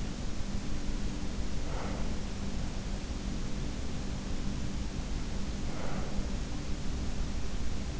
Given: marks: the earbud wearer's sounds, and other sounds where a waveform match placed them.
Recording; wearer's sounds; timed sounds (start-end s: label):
sounds in sleep by an in-ear microphone; breath
0.81-2.31 s: breath
5.53-6.45 s: breath